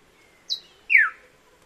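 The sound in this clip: Buff-breasted wren song: a short high whistled note followed by a louder, downward-slurred whistle.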